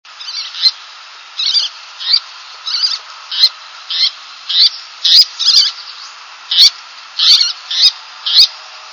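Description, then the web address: Least tern calls: high, raspy chattering notes, given more than a dozen times at short, slightly uneven intervals, with a faint steady hiss behind them. "Wellesley Commons. birdsongs tern least"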